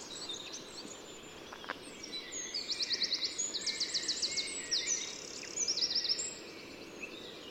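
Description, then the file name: Eurasian wren song: high, sharp notes building into fast, bright trills, several rattling bursts in quick succession over a constant low hiss. "Troglodytes troglodytes"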